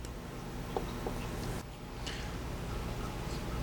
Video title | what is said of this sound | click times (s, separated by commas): Eaglemoss Eleanor Build - Issues 7, 8, 9, 10 | and this slides on the back here and snaps into place | 0.8 s